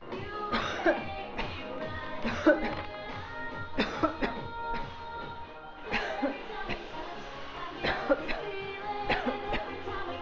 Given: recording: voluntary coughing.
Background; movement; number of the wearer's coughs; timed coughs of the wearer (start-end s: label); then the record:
music; walking; 13
0.50-0.93 s: cough
1.36-1.60 s: cough
2.22-2.60 s: cough
2.60-2.95 s: cough
3.76-4.11 s: cough
4.19-4.45 s: cough
4.71-4.96 s: cough
5.91-6.33 s: cough
6.68-6.91 s: cough
7.81-8.16 s: cough
8.27-8.50 s: cough
9.07-9.38 s: cough
9.48-9.71 s: cough
From the record:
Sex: female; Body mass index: 22.6 kg/m2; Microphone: on the chest, facing outward